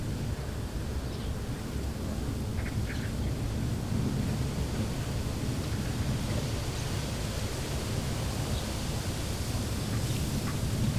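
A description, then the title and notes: Wind blows steadily through bare trees as a dense, low, unbroken roar, with a few faint, brief high chirps near the start and end. Empty trees. Wind.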